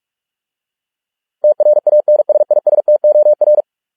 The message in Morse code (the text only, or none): TRANSISTOR